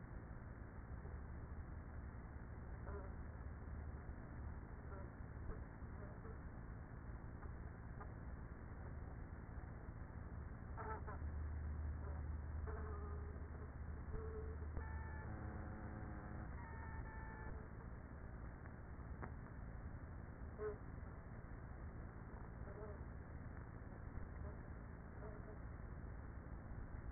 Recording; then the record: honeybee colony, microphone inside the hive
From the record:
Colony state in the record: queenless with a low population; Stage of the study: after two queens were removed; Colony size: about 30,000 bees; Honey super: no